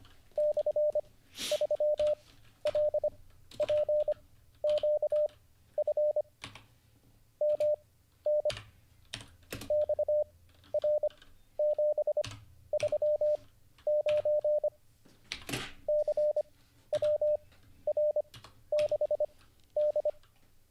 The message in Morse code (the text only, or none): /3LPQF MN XR739 CWR6D